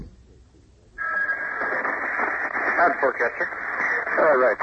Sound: phone ringing